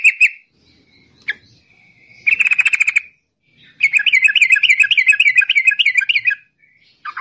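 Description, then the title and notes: Yellow-vented bulbul song: scattered chirps, then a longer stretch of fast, warbling, chattering notes before a last brief note. Long rapid song style (ropel panjang) used for training songbirds. "Masteran Trucukan Ropel Panjang. Kicau Burung Trucukan"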